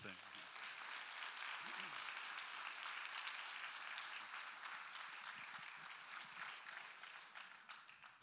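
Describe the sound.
An audience at a morning church service applauds steadily, a dense wash of many hands clapping at an even, loud level that tapers off slightly toward the end, with faint voices mixed in.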